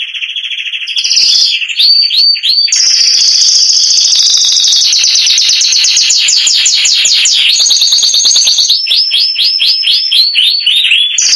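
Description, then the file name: Canary song: loud, continuous fast trills shifting through rolling, rasping and swooping repeated notes without a break. "canto do canario giboso espanhol"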